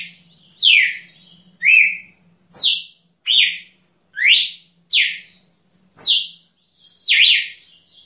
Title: Canto Galo Campina Fêmea. Galo de Campina ( PIADO )